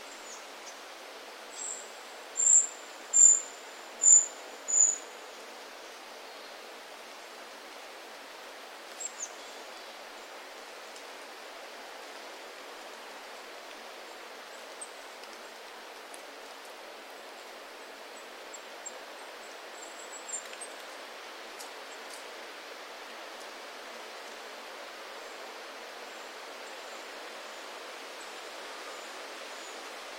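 Wind moving through the forest makes a steady, soft hiss with no low rumble. Between about two and five seconds, a quick run of five high, bright chirps stands out. After that only faint, scattered ticks and rustles break the even wash.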